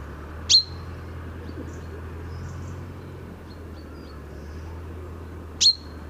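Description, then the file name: Common chaffinch calling: two short sharp high notes about five seconds apart, with faint thin chirps between and a steady low hum underneath. "Fringilla coelebs"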